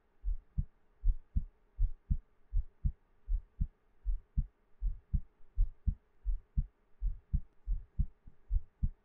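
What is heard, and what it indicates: Steady paired low thumps at about 80 a minute: an adult heartbeat in regular rhythm, with no talking.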